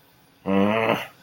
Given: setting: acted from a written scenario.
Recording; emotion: vocal sound without words; contempt